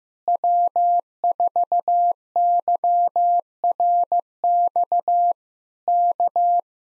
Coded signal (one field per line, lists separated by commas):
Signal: Morse code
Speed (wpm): 15 wpm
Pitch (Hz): 700 Hz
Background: none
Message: W4YRX K